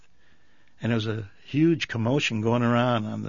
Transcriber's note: none